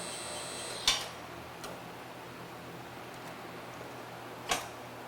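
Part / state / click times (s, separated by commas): a component fitting onto a portable car lift frame / seated / 0.9 s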